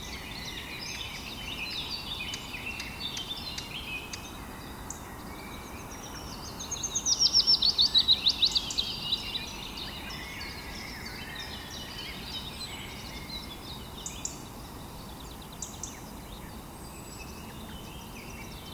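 Birds chirp and twitter over a steady hiss, with a brighter burst of rapid high notes around seven to nine seconds. Fainter calls scatter through the rest, and a low rumble runs underneath throughout.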